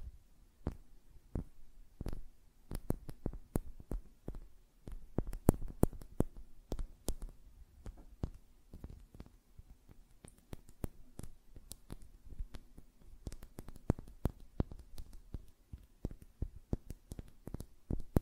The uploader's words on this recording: ASMR Tapping on Nails, Finger Fluttering, Hand Sounds (No Talking).